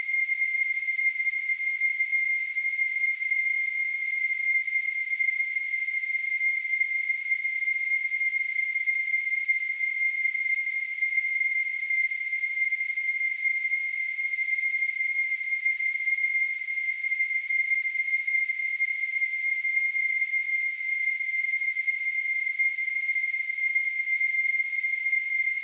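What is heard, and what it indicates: A steady, unbroken high-pitched tone near 2 kHz with faint hiss above it, a simulated tinnitus sound.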